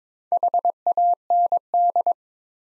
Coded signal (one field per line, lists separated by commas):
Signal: Morse code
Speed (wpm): 22 wpm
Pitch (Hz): 700 Hz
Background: none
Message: HAND